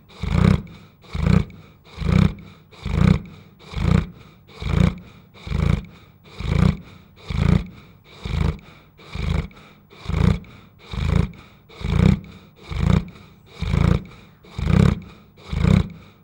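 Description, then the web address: Newfoundland dog snoring in a long even series, heavy low rattling breaths repeating roughly once per second, with quiet gaps between them. A huge Newfoundland dog snoring. "Tom Hutchings Dog Snoring"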